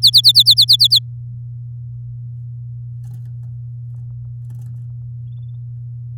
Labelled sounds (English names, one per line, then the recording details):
Domestic Canary song
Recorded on 7 May 2018 at 08:01
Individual llb16